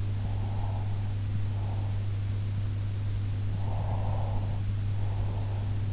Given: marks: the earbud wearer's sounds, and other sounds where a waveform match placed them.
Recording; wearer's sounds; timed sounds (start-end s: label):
sounds in sleep by an in-ear microphone; breath
0.00-2.23 s: breath
3.40-5.86 s: breath